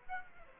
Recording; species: mosquito wingbeat signal from an infrared sensor; Aedes aegypti